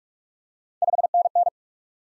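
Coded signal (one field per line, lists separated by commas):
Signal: Morse code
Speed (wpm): 47 wpm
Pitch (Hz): 700 Hz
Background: none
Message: 5NN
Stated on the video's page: Top 20 QSO elements head-copy drill at 45 wpm: each sent in Morse, spoken, then sent again.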